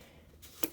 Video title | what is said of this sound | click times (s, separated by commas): Mattel Primal Attack Extreme Chompin’ Tyrannosaurus rex Jurassic World | They actually lock into place when you get right here. | 0.6 s